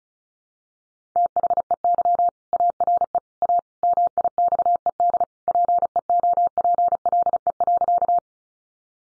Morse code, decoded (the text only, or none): THEY ARE A MIXED PEOPLE.